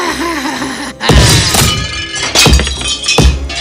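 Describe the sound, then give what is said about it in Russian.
A palace clock made by the clockmaker Antonio being destroyed: after a brief wavering tone, three loud crashing impacts come in quick succession, each with heavy thuds and bright shattering, clattering debris ringing out between them. “Но даже будучи сломанными, часы выглядели все так же красиво.”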